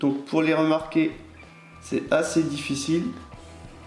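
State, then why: Not seated. A small plastic auxiliary headlight lens is being pushed into its headlight housing on a 1/8-scale Altaya Ford GT40 model car, following tiny alignment notches. Someone talks over background music. Nothing has seated or clicked yet.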